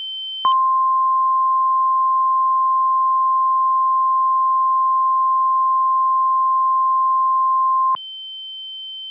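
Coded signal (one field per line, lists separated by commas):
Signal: Emergency Alert System (SAME) tones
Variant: 1050 Hz attention tone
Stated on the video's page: Fictional scenario: simulated severe-weather alerts for the Midwest, not real.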